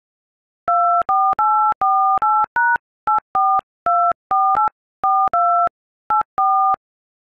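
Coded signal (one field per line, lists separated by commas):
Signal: DTMF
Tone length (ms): 270 ms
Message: 24848#8424842 84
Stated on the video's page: DTMF tones of a song played on an iPhone keypad.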